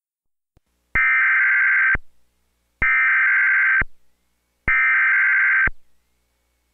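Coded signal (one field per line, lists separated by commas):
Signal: Emergency Alert System (SAME) tones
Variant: header bursts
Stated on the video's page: Fictional alert scenario, simulated with a siren pack.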